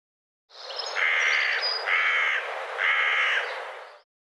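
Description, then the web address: Bird giving three harsh, raspy caw-like calls, each about half a second long, evenly spaced. "cianscape birddata Deverinetal 2025 File cleaned normalized Bird"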